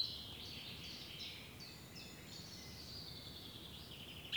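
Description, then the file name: Eurasian blackcap singing a continuous, varied warble of quick high phrases throughout, ending in a sudden sharp louder note, with little background noise. "Sylvia atricapilla"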